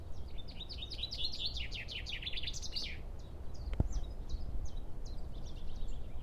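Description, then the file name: Common chaffinch song: a fast descending trill ending in a flourish, followed by repeated thin high call notes and a single sharp click, over low background noise. Recorded on 14 March 2012. "2012-03-14 Pinson"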